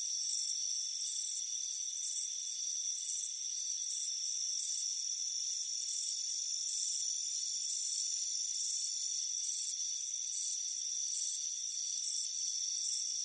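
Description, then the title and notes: Crickets keep up a regular high chirping in brief buzzy pulses over a steady high hum. Chirping crickets on a warm afternoon at a front porch. "Soothing Crickets Chirping Sound. It's a warm afternoon as you relax in a hammock on the front porch. the soothing sound of chirping crickets. Deep Sleep Sounds"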